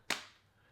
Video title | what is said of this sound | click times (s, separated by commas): IS IT WORTH IT?? - Magbak Elite for Samsung Galaxy S25 Ultra | solid click onto there this thing is actually going to fit on here really really well | 0.1 s